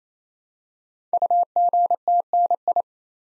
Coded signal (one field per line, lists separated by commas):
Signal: Morse code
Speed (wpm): 27 wpm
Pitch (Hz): 700 Hz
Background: none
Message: UGTNI